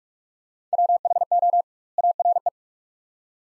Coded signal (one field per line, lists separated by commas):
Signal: Morse code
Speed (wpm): 45 wpm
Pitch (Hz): 700 Hz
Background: none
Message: WHO ARE